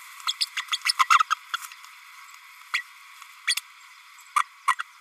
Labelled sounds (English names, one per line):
Green-rumped Parrotlet babbling